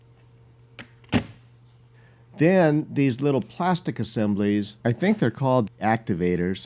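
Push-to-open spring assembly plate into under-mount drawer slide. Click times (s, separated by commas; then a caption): 0.8 s. A Grass Dynapro Tipmatic push-to-open spring assembly, a large plate, is pressed into the mounting holes on an under-mount drawer slide and snaps into place with a sharp click at 0.8 s, followed by a softer transient around 1.0 s. From about 2.4 s onward, someone talks.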